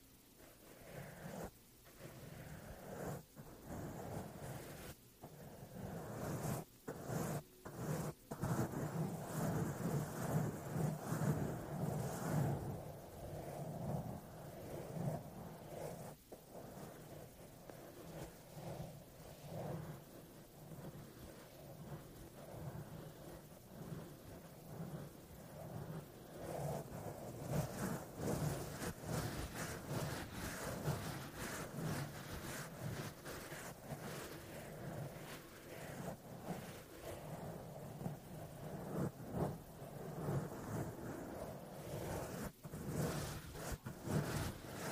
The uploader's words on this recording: ASMR THE ULTIMATE MIC TRIGGER TEST on NEW Blue Yeti Pro (mic brushing, mic scratching, no talking). Mic Scratching on Foam Mic Cover.